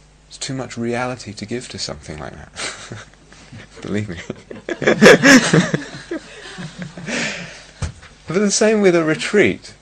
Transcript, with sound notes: It's too much reality to give to something like that. Believe me. [laughter] The same with a retreat.